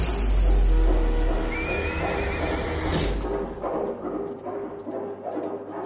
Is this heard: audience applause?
no